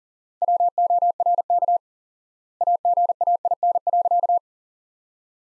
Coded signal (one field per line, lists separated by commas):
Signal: Morse code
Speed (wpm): 40 wpm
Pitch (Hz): 700 Hz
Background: none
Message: WORK AGAIN.